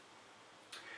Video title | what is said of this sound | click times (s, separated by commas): How to set up and use the Single Central Lighting Iris Camera (MEC-SCL) | there and then you rotate this up like so and a clicks right into place in the 12 o'clock position now | 0.7 s